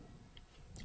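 A release button on top of a Black & Decker Matrix cordless drill base is pressed while the tool attachment head is pulled off. Two short, sharp clicks sound at 0.4 s and 0.8 s against a low background hum, from the button press and release. The attachment head comes free of the drill base.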